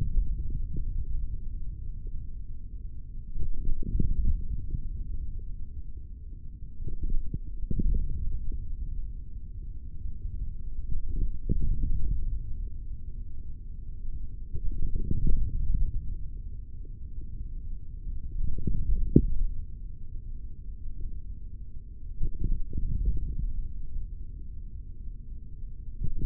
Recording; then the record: forearm muscle sounds (acoustic myography)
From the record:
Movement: hand closing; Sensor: system 3, bracelet of six PUI Audio POM-2738L microphones around the upper forearm, with dedicated amplification and filtering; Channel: 4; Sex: male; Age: 23 years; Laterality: right